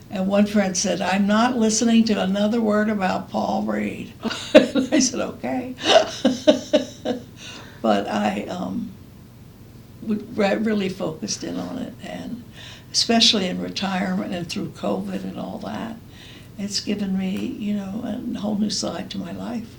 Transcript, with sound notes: and one friend said, I’m not listening to another word about Paul Reed, and I said “Okay!” [laughs] But I really focused in on it, and especially in retirement and through Covid and all that, it’s given me a whole new side to my life.